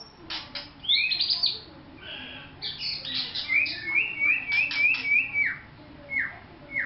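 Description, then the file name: White-rumped shama song, varied phrases with a run of repeated rising whistled notes, harsh squawky notes and sharp clicks. Vietnam. "shama vietnam omkicau"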